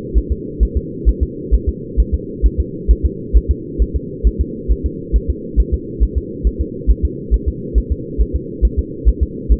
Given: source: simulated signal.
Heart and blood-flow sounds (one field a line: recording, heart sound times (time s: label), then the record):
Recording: fetal heart sounds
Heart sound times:
0.18 s: S1
0.32 s: S2
0.63 s: S1
0.77 s: S2
1.09 s: S1
1.23 s: S2
1.55 s: S1
1.69 s: S2
2.00 s: S1
2.14 s: S2
2.46 s: S1
2.60 s: S2
2.91 s: S1
3.05 s: S2
3.37 s: S1
3.51 s: S2
3.82 s: S1
3.96 s: S2
4.27 s: S1
4.41 s: S2
4.72 s: S1
4.86 s: S2
5.16 s: S1
5.30 s: S2
5.60 s: S1
5.74 s: S2
6.03 s: S1
6.18 s: S2
6.47 s: S1
6.61 s: S2
6.90 s: S1
7.05 s: S2
7.34 s: S1
7.48 s: S2
7.78 s: S1
7.92 s: S2
8.21 s: S1
8.36 s: S2
8.65 s: S1
8.79 s: S2
9.09 s: S1
9.23 s: S2
9.52 s: S1
From the record:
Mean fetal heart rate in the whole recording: 135 bpm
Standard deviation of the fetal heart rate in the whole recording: 3 bpm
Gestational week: 34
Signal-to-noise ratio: -4.1 dB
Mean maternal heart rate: no maternal heart sound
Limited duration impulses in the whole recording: absent